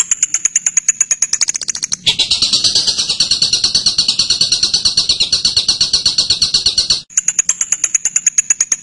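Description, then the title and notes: Bird song: thin, high, pulsed ticking gives way to a loud buzzy trill lasting about five seconds, then the high ticking resumes. Birdsong used to train birds. "MASTERAN BURUNG. suarane manok"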